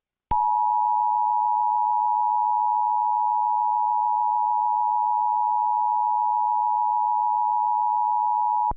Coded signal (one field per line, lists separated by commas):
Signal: Emergency Alert System (SAME) tones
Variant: 853 and 960 Hz attention tone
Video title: EAS tornado warning interrupts The Amazing World of Gumball